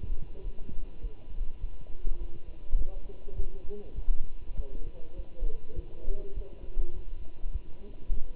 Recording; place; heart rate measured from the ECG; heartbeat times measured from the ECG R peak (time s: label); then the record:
heart sounds by stethoscope; between the tricuspid and mitral areas; 102 bpm
0.44 s: heartbeat
1.03 s: heartbeat
1.62 s: heartbeat
2.20 s: heartbeat
2.78 s: heartbeat
3.36 s: heartbeat
3.96 s: heartbeat
4.57 s: heartbeat
5.17 s: heartbeat
5.76 s: heartbeat
6.36 s: heartbeat
6.94 s: heartbeat
7.53 s: heartbeat
8.12 s: heartbeat
From the record:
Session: walking at 3.7 km/h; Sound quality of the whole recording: good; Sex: male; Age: 24 years